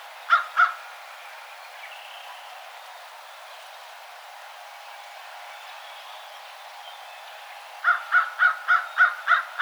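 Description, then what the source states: American crow: two harsh caws, then a long quiet gap, followed by a rapid burst of several caws. Recorded 12 March 2007.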